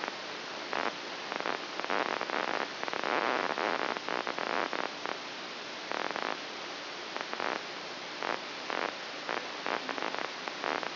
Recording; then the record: brain microelectrode recording played as sound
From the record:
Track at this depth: outside the subthalamic nucleus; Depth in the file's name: 7.304 mm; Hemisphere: left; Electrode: 2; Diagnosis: Parkinson's disease